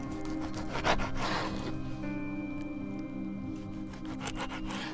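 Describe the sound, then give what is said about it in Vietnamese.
A coarse, rasping scrape of metal cutting into skin and flesh, repeating in rough back-and-forth strokes with a steady low hum underneath, moderately loud and with no voices. “Duy nhất là tiếng kim loại đang cứa vào da thịt, nó cứ sần sật, sồn sột, nghe đến rùng rợn.”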